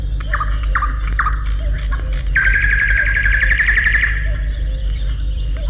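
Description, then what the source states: Nightingale song: three short notes, then a long, fast pulsing trill of almost two seconds, with a low steady hum underneath. Forest; sings from nearby bushes after sunrise, once the noisy dawn chorus of many birds has partly quietened.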